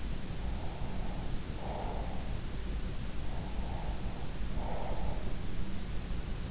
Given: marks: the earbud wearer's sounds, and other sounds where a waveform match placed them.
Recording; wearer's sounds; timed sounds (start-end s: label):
sounds in sleep by an in-ear microphone; breath
0.53-2.39 s: breath
3.36-5.45 s: breath